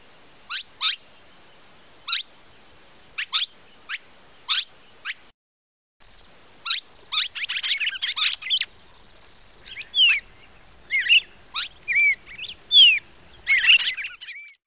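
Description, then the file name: Red-crested cardinal song: sharp single chips spaced irregularly, then a short pause and a busy stretch of twittering and slurred whistled phrases. "canto do cardeal"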